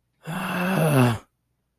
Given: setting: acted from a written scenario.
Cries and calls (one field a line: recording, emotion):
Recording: vocal sound without words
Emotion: anger